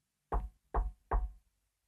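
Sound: knocking on a door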